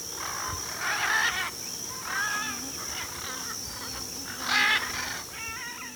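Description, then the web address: Military macaw calling with loud, grating squawks that waver in pitch, several outbursts in six seconds, with a constant thin high whine behind. Recorded in Ecuador. "Birds of Ecuador. Military Macaw"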